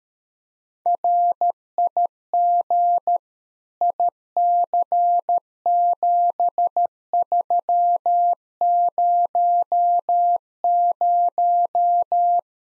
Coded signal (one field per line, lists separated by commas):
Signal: Morse code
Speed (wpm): 13 wpm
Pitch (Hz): 700 Hz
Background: none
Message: RIG IC7300